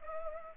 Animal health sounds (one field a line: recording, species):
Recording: mosquito wingbeat signal from an infrared sensor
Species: Culex pipiens